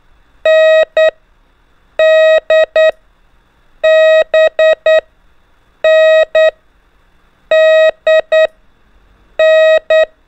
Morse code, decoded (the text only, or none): N D B N D N